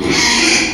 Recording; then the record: squeal of a Yucatan mini pig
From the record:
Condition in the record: after surgery on the right vocal fold (resection and tissue-engineered implant); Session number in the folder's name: 2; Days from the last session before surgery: 13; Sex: male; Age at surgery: 12 weeks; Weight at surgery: 13 kg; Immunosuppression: cyclosporine, prednisolone